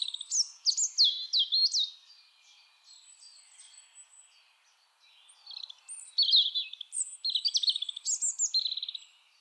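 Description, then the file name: European robin singing with sharp, high, descending whistled phrases, a quiet gap of faint thin notes, then another rapid, varied, twittering phrase. "Erithacus rubecula"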